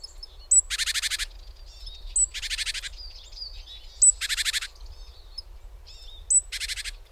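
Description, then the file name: Great tit churring: four buzzy rattles, each introduced by a sharp high note and repeated about every two seconds, with faint thin calls between. "Parus major"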